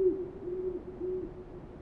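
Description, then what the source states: Owl hooting, low steady hoots held at one pitch in a few close notes, over background noise. Recorded on 28 February 2009.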